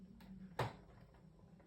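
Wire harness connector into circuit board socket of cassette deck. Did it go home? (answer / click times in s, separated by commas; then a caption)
yes / 0.6 s. A plastic wire harness connector is pressed into its circuit board socket inside a Sony TC-K677ES cassette deck during a drive belt replacement. A faint tap at 0.2 s is followed by a sharp, bright click at 0.6 s as the connector latches firmly into place. A low steady hum continues underneath.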